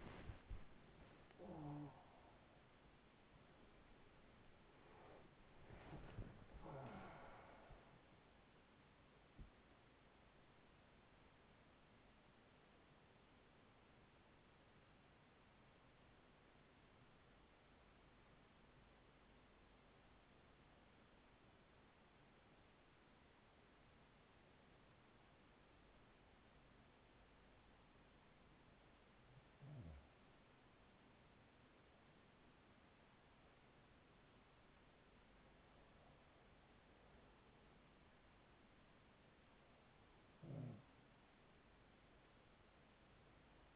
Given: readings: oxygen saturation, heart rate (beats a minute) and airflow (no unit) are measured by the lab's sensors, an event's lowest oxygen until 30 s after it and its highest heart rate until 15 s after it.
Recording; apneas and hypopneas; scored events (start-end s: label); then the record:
breathing in sleep by a voice recorder at the bedside; 1
0.00-32.00 s: awake
19.00-33.20 s: hypopnea (scored as awake, oxygen 97% highest, then 93% lowest, heart rate 56 at the start, 56 highest)
21.00-43.75 s: new sleep stage, N1 (lightest sleep)
From the record:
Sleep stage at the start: awake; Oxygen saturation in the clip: 94 to 97%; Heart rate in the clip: 40 to 79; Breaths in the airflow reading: 9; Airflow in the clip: -13.8 to 17.3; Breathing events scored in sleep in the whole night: 207 in 7.6 hours asleep